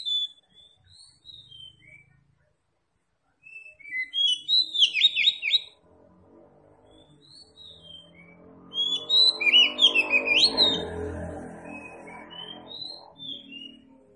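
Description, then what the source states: Oriental magpie-robin singing bursts of rapid, chattering whistles between sweet single notes, with a low rumbling background noise during the second burst. Called kacer locally; Tretes type or locality; described as gacor, singing vigorously.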